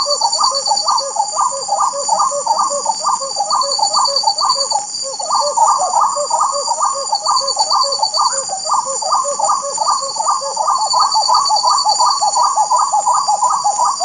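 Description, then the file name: Spot-winged wood quail in sustained rollicking chorus, repeated mellow phrases tumbling several per second, with a persistent high insect drone throughout. Recorded at Jardim Bopiranga, Itanhaém, São Paulo state, Brazil, on 7 April 2009. "Odontophorus-capoeira-Jd Bopiranga-Itanhaem-SP-Brazil-7-4-09-ASilveira"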